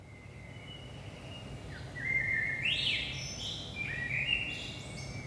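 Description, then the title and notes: Common blackbird song: after a quiet start, mellow whistled notes rise into a brief high squeaky ending, followed by a second warbled phrase, with faint hum beneath. Recorded at 5 am in early morning in Saint-Gilles, Belgium, using a DPA 4060 microphone pair in AB position into a Zoom F3 recorder. "Saint-Gilles, Belgique - 5am Blackbird. Blackbird in the morning. Merle au petit matin"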